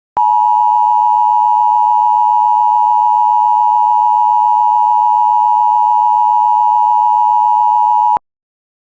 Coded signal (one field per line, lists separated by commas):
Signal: Emergency Alert System (SAME) tones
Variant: 853 and 960 Hz attention tone